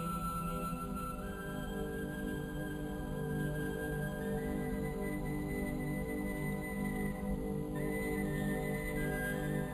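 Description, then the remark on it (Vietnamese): A soft, breathy bamboo flute plays a slow, sustained melody late at night, long held notes gliding gently between pitches over a steady low drone, with no voices. “ngồi xuống trên một chiếc ghế gần bên để lắng nghe tiếng sáo dìu dặt bỗng trầm trong canh khuya.”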